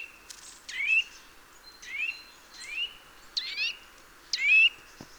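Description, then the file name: Eurasian nuthatch uttering five rising, slurred whistled calls spaced roughly a second apart, with faint background hiss and a brief thump at the end. "Sitta europaea"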